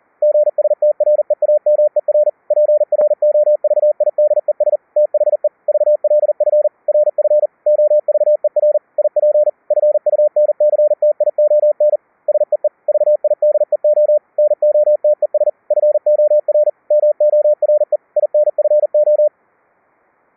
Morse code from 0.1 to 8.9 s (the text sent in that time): GSTREAMER PROVIDES THE VLF RF OVER